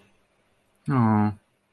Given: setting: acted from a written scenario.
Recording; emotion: vocal sound without words; sympathy